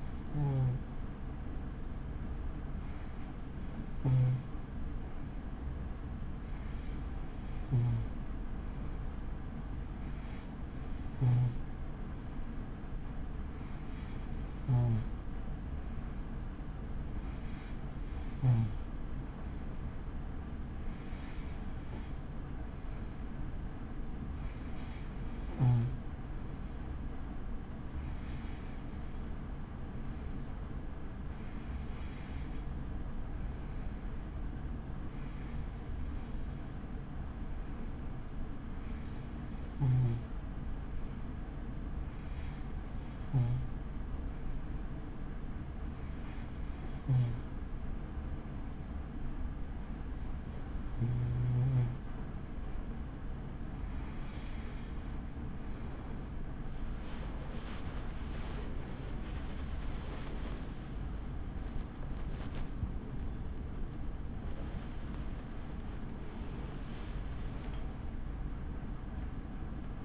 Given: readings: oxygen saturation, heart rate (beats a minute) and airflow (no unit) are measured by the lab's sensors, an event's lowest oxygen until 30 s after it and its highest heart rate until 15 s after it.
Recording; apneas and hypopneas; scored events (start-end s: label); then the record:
breathing in sleep by a smartphone at the bedside; 1
26.00-64.00 s: hypopnea (N2, oxygen 93% highest, then 93% lowest)
55.00-70.05 s: new sleep stage, N1 (lightest sleep)
From the record:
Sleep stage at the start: N2 (light sleep); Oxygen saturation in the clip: 92 to 94%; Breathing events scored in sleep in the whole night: 83 in 6.1 hours asleep